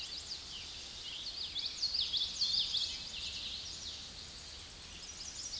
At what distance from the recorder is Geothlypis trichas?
about 20 m